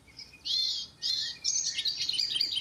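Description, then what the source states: Icterine warbler song with mimicry: two drawn-out high notes followed by quick twittering. Song imitating barn swallow; the song is full of imitations picked up in Africa and Europe; summer visitor to the Netherlands that winters in Africa.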